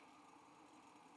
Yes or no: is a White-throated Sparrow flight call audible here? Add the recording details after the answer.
no. No flight call is heard. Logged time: 06:37 on 5 December 2014